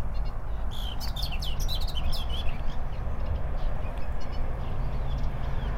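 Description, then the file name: Eurasian blackcap uttering a short burst of rapid, high, twisting notes in the first seconds, then fainter chips, against a heavy constant low background rumble. "Sylvia atricapilla"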